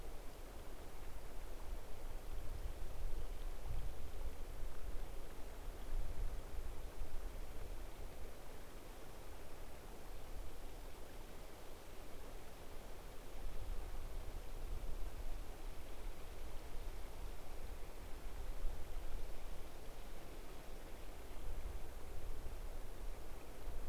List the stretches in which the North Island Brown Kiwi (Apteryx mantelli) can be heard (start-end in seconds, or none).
none